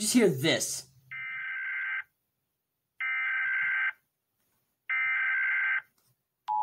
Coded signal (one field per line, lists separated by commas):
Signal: Emergency Alert System (SAME) tones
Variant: header bursts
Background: speech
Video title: Reaction - Rating EAS alarms!